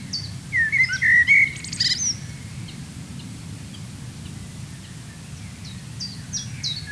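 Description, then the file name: Common blackbird delivers one mellow, wavering whistled phrase with a thin squeaky ending, then a few high repeated notes over low rumble. "Turdus merula"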